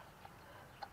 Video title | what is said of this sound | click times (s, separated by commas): March 31, 2024 | salpak click aan | 0.8 s